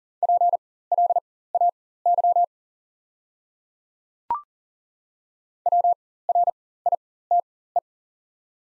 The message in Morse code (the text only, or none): PLAY WRITE